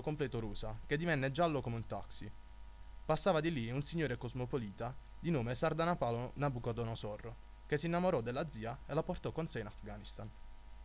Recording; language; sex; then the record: read passage; Italian; male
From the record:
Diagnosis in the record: healthy control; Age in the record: 20 years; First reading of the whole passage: 41 s, 12.5 characters per second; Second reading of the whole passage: 40 s, 12.9 characters per second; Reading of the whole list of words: 46 s, 6.1 characters per second